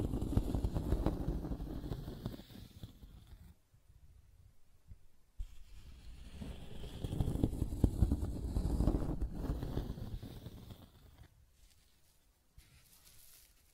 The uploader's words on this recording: ASMR 1 Hour Scratching and Tracing Sounds (No Talking).